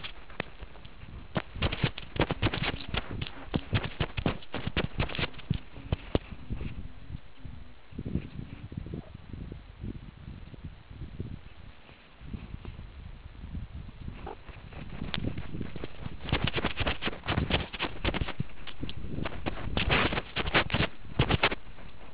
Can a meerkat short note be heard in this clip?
no